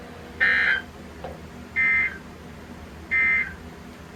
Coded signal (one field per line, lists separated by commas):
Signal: Emergency Alert System (SAME) tones